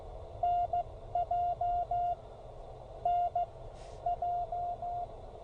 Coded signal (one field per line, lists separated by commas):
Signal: Morse code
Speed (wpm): 14 wpm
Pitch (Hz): 690 Hz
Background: none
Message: NJ NJ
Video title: A few QRP rigs just because. KX1, KX2, KX3, and Penntek TR45L